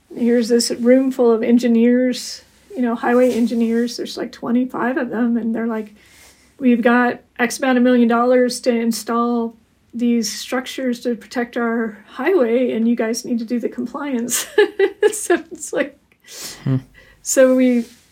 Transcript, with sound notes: here's this room full of engineers, you know, highway engineers, there's like 25 of them, and they're like, "we've got X amount of million dollars to install these structures to protect our highway, and you guys need to do the compliance." [laughs incredulously] So it's like, so we,